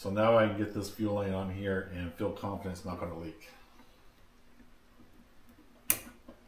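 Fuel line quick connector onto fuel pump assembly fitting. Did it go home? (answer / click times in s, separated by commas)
yes / 5.9 s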